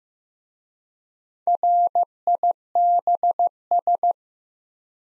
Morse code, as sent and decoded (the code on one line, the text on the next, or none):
.-. .. -... ...
RIBS